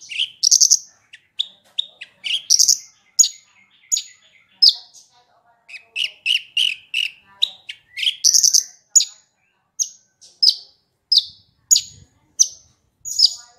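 Horsfield's bush lark singing a varied, fast sequence of high chirps and short whistles in quick phrases, with no other clear sounds.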